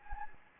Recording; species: mosquito wingbeat signal from an infrared sensor; Anopheles gambiae